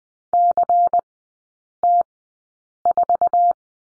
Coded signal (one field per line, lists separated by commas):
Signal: Morse code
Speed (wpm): 20 wpm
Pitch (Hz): 700 Hz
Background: none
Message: CT4